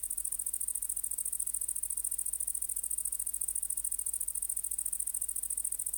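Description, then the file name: Great green bush-cricket song: shrill, fast-pulsed rattling buzz, high and constant from start to finish. "Tettigonia viridissima"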